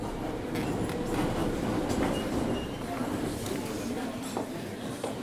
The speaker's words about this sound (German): Ich fahre mit der Minsker U-Bahn hin.